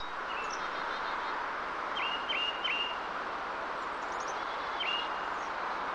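Bird whistles: a faint high note, then three short high downslurred notes in quick succession and one more later, over a steady loud hiss of background noise.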